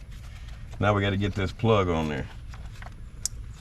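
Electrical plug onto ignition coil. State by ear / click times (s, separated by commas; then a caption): seated / 3.2 s. Someone talks while pushing the electrical plug onto an ignition coil on a 2014 Ford F-150 being repaired for a misfire; the coil is the one from cylinder number 2, going into the number 3 hole. A sharp, loud click is heard at 3.3 s, confirming the plug has clicked in and is seated properly on the coil.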